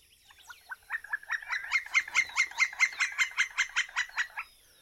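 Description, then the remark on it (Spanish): A carpintero real woodpecker calls alone in a rapid, even series of about twenty sharp, nasal notes, starting soft and swelling louder before fading at the end. “Él es el carpintero real.”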